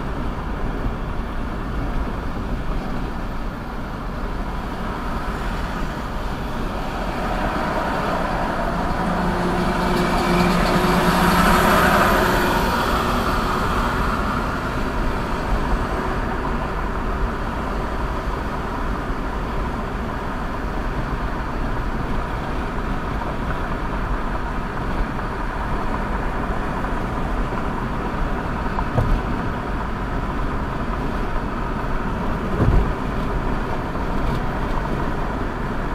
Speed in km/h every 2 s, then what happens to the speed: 72, 71, 71, 71, 69, 69, 71, 72, 74, 74, 74, 76, 76, 77, 77, 79, 81, 79.
0-36 speeds up to 79.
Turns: none.